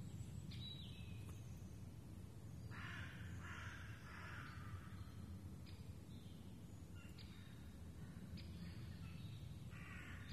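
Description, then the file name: Raven calls: rough, croaking caws clustered in the middle, single harsh notes elsewhere, over low rumbling background noise and thin high chirps. Ravens, more than one, in the Forêt de Rambouillet, recorded 24 May 2015. "Ravens in Foret de Rambouillet"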